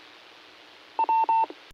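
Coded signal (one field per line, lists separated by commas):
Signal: none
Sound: repeater courtesy tone beeps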